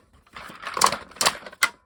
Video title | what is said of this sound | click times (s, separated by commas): Spin master Gotham City Guardian review | and they will click into place. And then | 1.2 s, 1.6 s